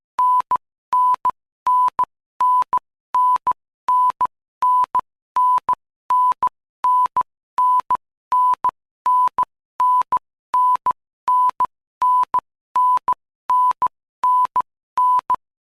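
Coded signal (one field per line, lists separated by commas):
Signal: none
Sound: beep sound effect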